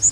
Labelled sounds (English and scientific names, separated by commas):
Northern Waterthrush (Parkesia noveboracensis) flight call